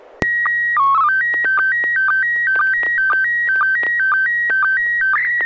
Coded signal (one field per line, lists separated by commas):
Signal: SSTV (slow-scan television)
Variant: PD 120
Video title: N6NA SSTV Net - 10/26/2022